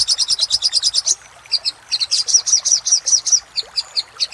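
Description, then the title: Little spiderhunter song, a quick run of high chips, a pause, then a steady series of bright repeated notes. Used for training cage birds. "Sogok Ontong Labaik"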